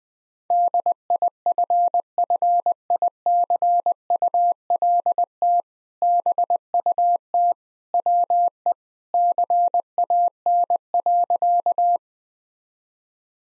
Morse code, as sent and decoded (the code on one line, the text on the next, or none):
-.. .. ..-. ..-. .. -.-. ..- .-.. - / -... ..- - / .-- . / -.-. .- -. .-.-.-
DIFFICULT BUT WE CAN.